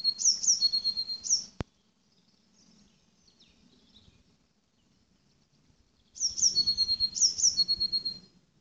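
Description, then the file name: Eurasian blue tit calling with sharp high notes running into a fine buzzy trill, two bursts separated by several seconds of quiet with a faint low hum. "Cyanistes caeruleus"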